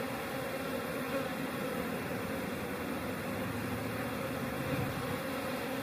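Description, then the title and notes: Honey bees giving a continuous buzzing hum, a thick steady drone of many wings that barely changes throughout. Busy hive entrance in March. "The sounds and view from a busy hive entrance in March."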